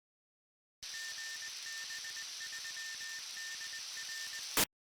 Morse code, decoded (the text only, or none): GB3DR